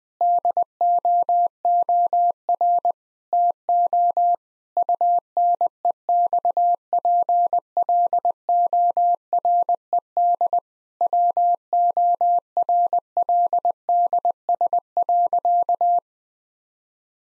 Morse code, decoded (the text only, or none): DOOR TO UNEXPLORED WORLDS.